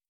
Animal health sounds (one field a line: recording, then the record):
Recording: hydrophone in a shrimp aquaculture tank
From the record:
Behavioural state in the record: starved